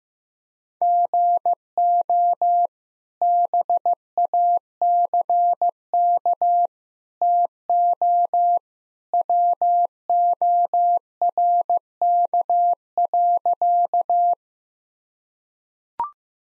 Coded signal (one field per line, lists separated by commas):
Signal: Morse code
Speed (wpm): 15 wpm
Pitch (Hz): 700 Hz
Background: none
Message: GO BACK TO WORK.